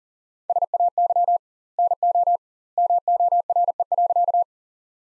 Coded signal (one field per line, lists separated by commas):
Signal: Morse code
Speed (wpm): 37 wpm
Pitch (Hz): 700 Hz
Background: none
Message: SAY NO MORE.